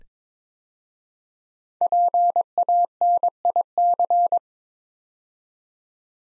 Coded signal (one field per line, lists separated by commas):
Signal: Morse code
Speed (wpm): 22 wpm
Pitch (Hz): 700 Hz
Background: none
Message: PANIC